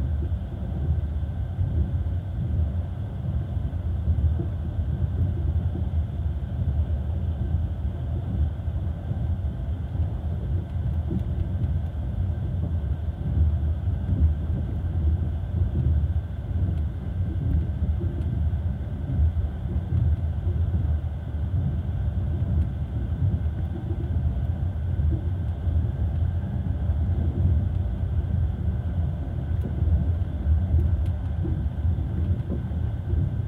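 A night train runs at a steady, even pace, heard as a dense low rumble that barely changes over the whole half minute. The sound is dull and muffled, with little above a soft hiss.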